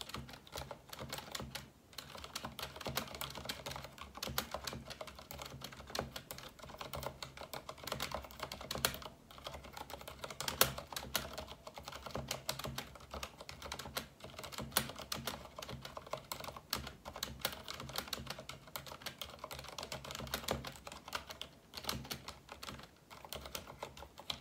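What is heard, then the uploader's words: Rapid, steady typing on a mechanical keyboard fills the whole clip, dense sharp clicks at an even pace. ASMR Mechanical RGB KEYBOARD Typing Sounds.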